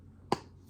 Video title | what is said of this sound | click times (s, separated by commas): Big Market Prep Part 2! | hear a click or a popping sound if you've got it in | 0.3 s